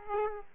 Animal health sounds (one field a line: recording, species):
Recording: mosquito wingbeat signal from an infrared sensor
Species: Aedes aegypti